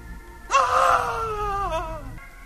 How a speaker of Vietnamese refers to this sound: Nó nằm đó la hét lên vì đau đớn.